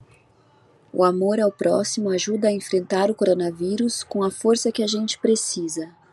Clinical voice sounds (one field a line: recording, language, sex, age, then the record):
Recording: spoken sentence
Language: Brazilian Portuguese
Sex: female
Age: 40 to 49 years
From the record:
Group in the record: control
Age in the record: 42 years